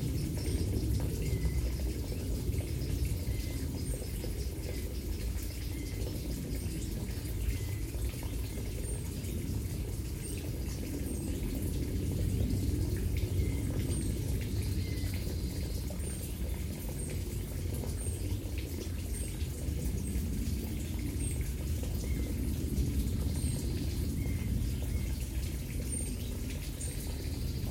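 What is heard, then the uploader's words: Outdoor sound at Bottengoms, Wormingford, Essex: a steady low rumble fills the whole recording with little change in level. Small high chirps, probably birds, recur every second or two, with a brighter faint call around 15 and 24 seconds. Bottengoms, Wormingford, Essex. The exhibition includes a sound recording made at Ronald Blythe’s garden by artist Stuart Bowditich. Birds that can be heard include Garden Warbler, Blackcap, Dunnock, Wren, Chiffchaff, Starling, Blue Tit, Linnet, Nightingale, Bullfinch, Wood Pigeon, Redstart and Willow Warbler.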